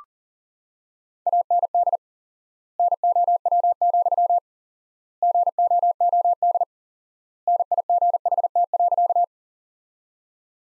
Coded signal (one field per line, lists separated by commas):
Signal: Morse code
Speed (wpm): 37 wpm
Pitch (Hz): 700 Hz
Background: none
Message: AND NOW, GOOD NIGHT.